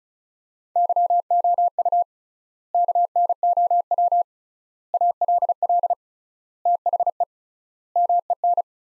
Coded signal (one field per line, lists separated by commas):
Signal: Morse code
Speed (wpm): 36 wpm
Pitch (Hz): 700 Hz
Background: none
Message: YOU KNOW ALL THE MEN